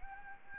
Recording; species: mosquito wingbeat signal from an infrared sensor; Anopheles gambiae